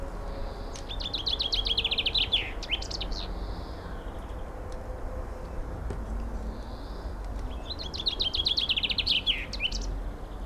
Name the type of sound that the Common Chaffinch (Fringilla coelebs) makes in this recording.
song